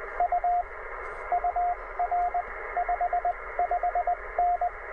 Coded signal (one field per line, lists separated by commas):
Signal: Morse code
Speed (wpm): 19 wpm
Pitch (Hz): 690 Hz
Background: radio noise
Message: U UR 55N